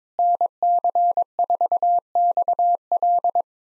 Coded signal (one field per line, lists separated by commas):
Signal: Morse code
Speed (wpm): 22 wpm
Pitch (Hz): 700 Hz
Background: none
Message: NC4XL